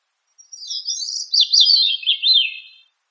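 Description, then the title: Thrush delivering a single quick, high warbled phrase of looping slurred notes that drops slightly in pitch toward its end, with a clean silent background. Bird of the family Turdidae, locally called sabiá. "Familia Turdidae - Sabia"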